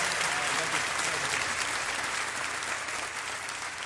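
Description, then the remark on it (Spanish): Sustained applause from the audience at a singer's concert, a dense, steady wash of many hands clapping at an even loudness throughout, with no single voice standing out. “Un aplauso más fuerte”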